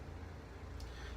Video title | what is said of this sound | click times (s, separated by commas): Pedestrian lifestyle | with a simple little click you're good to go | 0.8 s